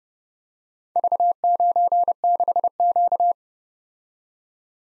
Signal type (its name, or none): Morse code